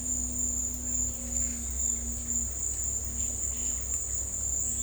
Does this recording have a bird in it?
no